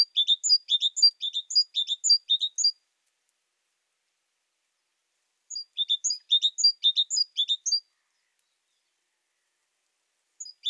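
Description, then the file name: Great tit calls: rapid series of high, sharp chirps in bursts of about two to three seconds, with long silent pauses between them. "Parus major"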